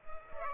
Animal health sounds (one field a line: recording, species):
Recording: mosquito wingbeat signal from an infrared sensor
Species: Culex pipiens